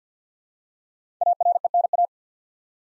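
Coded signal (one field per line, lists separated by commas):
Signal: Morse code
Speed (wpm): 48 wpm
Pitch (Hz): 700 Hz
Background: none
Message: ARENA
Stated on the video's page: Morse practice set at 50wpm of 5-letter words for head-copy, each word sent twice.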